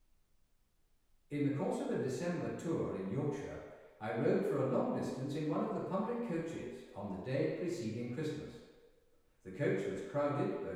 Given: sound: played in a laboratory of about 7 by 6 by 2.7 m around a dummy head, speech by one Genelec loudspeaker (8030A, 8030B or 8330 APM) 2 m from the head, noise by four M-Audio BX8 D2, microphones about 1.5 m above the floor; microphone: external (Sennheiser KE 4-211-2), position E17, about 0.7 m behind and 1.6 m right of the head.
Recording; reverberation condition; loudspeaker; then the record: male speech in English; high; 120 degrees to the left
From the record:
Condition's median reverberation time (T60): about 1300 ms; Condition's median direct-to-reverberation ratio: about -4.0 dB